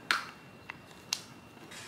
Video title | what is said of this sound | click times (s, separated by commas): COME HYGIENE SHOPPING WITH ME !- TARGET EDITION 2024- Mini PLUS SIZE Hygiene Haul! | You can hear it click. Listen. | 0.1 s, 1.1 s